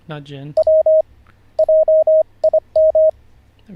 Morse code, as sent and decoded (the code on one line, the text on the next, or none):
.-- / .--- .. --
W JIM